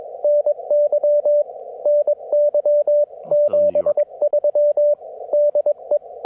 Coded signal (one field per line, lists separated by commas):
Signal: Morse code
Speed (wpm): 22 wpm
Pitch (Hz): 590 Hz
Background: none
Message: NY NY 73 DE